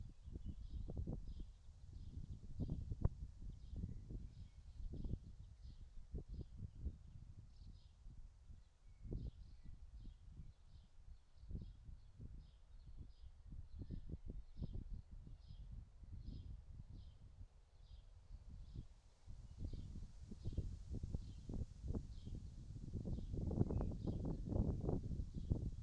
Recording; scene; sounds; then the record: everyday scene through a hearing-aid microphone; wind on the microphone; wind, birds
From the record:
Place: in front of a rural house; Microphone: in the ear canal, right